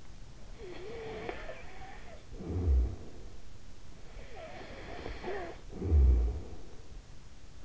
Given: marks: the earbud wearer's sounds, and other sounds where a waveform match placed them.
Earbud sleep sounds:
sounds in sleep by an in-ear microphone; snoring breath
0.27-3.53 s: snoring breath
3.88-6.91 s: snoring breath

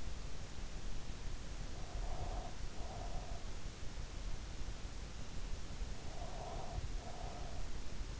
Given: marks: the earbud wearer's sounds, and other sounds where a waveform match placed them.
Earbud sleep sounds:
sounds in sleep by an in-ear microphone; breath
1.98-3.49 s: breath
5.90-7.62 s: breath

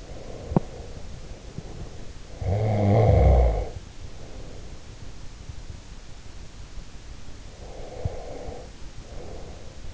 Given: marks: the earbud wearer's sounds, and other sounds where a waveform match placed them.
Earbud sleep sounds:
sounds in sleep by an in-ear microphone; breath, teeth grinding, snoring breath
0.00-2.16 s: breath
0.37-0.80 s: teeth grinding
2.27-5.01 s: snoring breath
7.41-9.83 s: breath

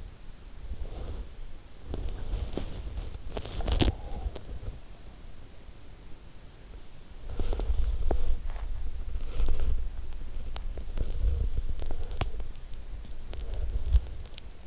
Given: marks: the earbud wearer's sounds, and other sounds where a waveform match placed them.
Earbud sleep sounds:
sounds in sleep by an in-ear microphone; body movement
0.00-4.91 s: body movement
6.71-14.67 s: body movement

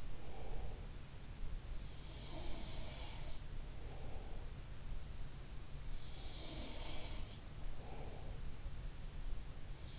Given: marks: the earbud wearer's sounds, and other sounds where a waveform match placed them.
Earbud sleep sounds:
sounds in sleep by an in-ear microphone; breath
0.00-1.09 s: breath
1.82-3.25 s: sound from someone else or the room
3.64-4.62 s: breath
6.04-7.28 s: sound from someone else or the room
7.69-8.56 s: breath

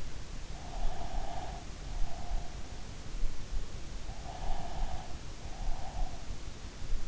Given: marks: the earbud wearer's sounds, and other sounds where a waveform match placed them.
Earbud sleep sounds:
sounds in sleep by an in-ear microphone; breath
0.68-2.62 s: breath
4.15-6.61 s: breath

